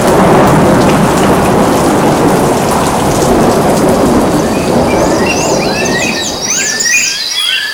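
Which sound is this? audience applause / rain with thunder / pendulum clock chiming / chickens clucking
rain with thunder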